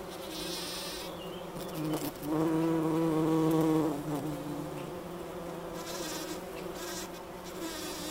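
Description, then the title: Bumblebee hum rising to a loud, steady drone for about two seconds in the middle, then fading, with faint higher background sounds before and after. Bumblebee buzzing recorded in Wülfel, Hannover, Germany. "Wülfel, Hannover, Deutschland - Hummelgebrumm"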